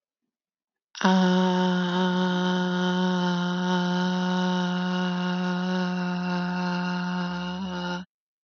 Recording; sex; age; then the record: vowel held as long as possible; female; 20 to 29 years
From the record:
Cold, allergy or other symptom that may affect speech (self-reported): no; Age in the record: 22 years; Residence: New York, United States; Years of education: 16